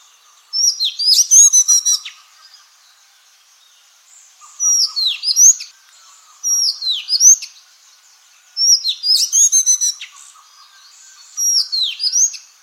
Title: suara burung kacer madagaskar